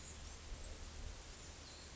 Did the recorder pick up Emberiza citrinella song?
no